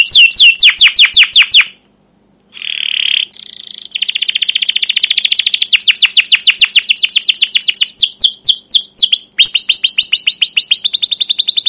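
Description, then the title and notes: Canary song: fast runs of sharp downward-sweeping notes, a short buzzy burst and a pause, then long rapid rolling trills repeated several times a second. Canary singing long, excited 'cuit cuit' phrases, used as a lure and master recording to teach young canaries to sing. "CUIT CUIT NGEROL LANGSUNG GACOR PANJANG Kenari Ini AMPUH Utk Pancingan KENAR. PANCINGAN Kenari GACOR PANJANG Cuit CUIT EMOSI ini AMPUH utk MASTERAN Kenari PAUD belajar BUNYI. burung kenari"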